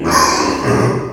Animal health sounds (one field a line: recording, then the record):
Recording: squeal of a Yucatan mini pig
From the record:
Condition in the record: before surgery on the right vocal fold (resection and tissue-engineered implant)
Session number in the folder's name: 2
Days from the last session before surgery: 0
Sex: male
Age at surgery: 12 weeks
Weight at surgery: 13 kg